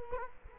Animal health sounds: mosquito wingbeat signal from an infrared sensor; Culex quinquefasciatus

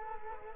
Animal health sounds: mosquito wingbeat signal from an infrared sensor; Culex quinquefasciatus

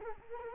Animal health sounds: mosquito wingbeat signal from an infrared sensor; Culex quinquefasciatus

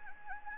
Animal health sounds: mosquito wingbeat signal from an infrared sensor; Anopheles gambiae

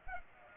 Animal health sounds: mosquito wingbeat signal from an infrared sensor; Aedes aegypti

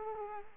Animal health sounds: mosquito wingbeat signal from an infrared sensor; Culex quinquefasciatus

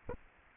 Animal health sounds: mosquito wingbeat signal from an infrared sensor; Aedes aegypti

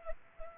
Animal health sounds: mosquito wingbeat signal from an infrared sensor; Culex pipiens

